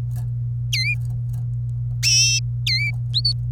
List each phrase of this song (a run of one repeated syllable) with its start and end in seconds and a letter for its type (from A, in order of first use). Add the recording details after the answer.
0.73-0.94 A, 2.66-2.91 A, 3.14-3.32 B. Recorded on 27 April 2018 at 09:09. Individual llb3